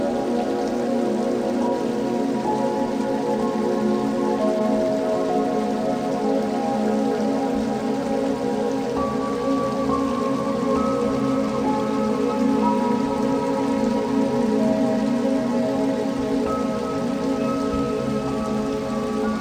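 Soft rain patters steadily under a bed of sustained tones at 852 Hz and 432 Hz, with other held notes stepping in and out over the twenty seconds. The level stays even throughout, with a warm low hum and a gentle hiss of falling drops on top.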